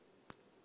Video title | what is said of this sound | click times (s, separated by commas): JewelleryMaker LIVE 30/06/2017 - 8am - 1pm | there you go that lovely little click and it's got a little tab on top to help you open and close it now you'll notice | 0.3 s